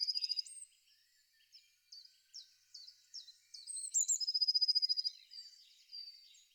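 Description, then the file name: Eurasian blue tit: a short trill, scattered high chirps from other birds, then a full phrase of thin notes sliding into a rapid, evenly spaced trill. "pimpelmees"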